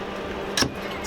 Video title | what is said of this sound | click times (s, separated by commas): VanLife Tour: Quick Tour of LA Van Outfitters Van(s) | got some marine latches on there nice like this snap into place so | 0.6 s